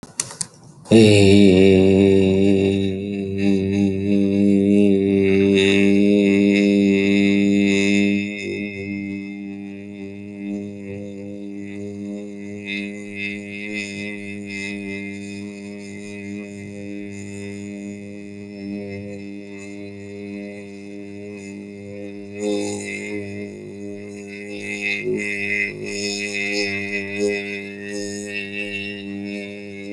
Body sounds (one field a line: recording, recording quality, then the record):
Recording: sustained vowel as in made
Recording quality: excellent, no background noise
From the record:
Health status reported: healthy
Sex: male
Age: 33 years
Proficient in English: yes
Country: India